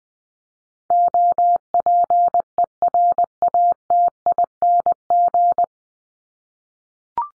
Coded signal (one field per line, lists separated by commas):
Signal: Morse code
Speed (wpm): 20 wpm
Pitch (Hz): 700 Hz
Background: none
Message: OPERATING